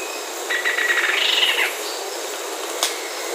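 Bird calling with a rapid run of buzzy, chirping notes lasting about a second, followed by a single sharp click, over steady background hiss.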